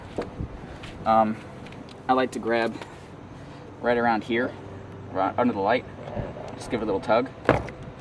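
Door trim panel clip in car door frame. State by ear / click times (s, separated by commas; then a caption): released / 7.5 s. Someone talks while tugging the upper plastic door trim panel on an Infiniti Q50 just under the light. A sharp pop at 7.5 seconds is the snap clip releasing from the metal door frame, and the panel comes loose.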